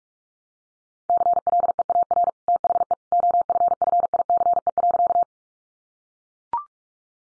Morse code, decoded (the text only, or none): CLEAR THE OFFICE.